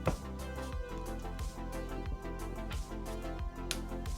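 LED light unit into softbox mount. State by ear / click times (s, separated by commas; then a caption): seated / 3.7 s. A SIRUI C150X pocket LED light unit is mounted onto a plastic softbox mount while background music plays, and it snaps into place with a sharp click at 3.7 seconds. The unit is seated on the mount.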